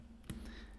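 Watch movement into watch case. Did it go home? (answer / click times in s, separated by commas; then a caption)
yes / 0.3 s. A watch movement is pressed slowly into its watch case, gently so the dial is not damaged. A faint tick at 0.2 s leads into one sharp, bright click at 0.3 s as the movement seats in the case. Low steady hum continues before and after.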